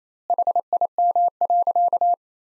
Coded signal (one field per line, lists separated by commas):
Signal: Morse code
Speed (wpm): 28 wpm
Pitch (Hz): 700 Hz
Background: none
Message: HIM.